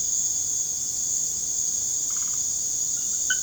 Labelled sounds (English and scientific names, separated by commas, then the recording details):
none
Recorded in secondary vegetation near Puerto Asís, Putumayo, Colombia, on 21 December 2024 at 19:30
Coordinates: 0.489, -76.322
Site G059